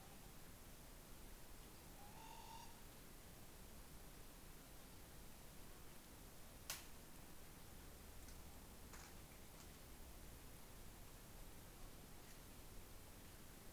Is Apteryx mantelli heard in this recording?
no